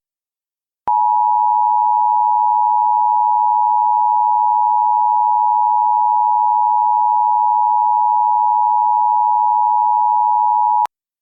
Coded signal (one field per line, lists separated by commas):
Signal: Emergency Alert System (SAME) tones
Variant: 853 and 960 Hz attention tone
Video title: Izzy TDI EAS Warning